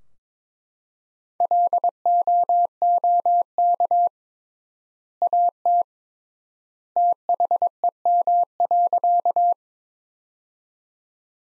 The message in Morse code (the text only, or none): LOOK AT THEM.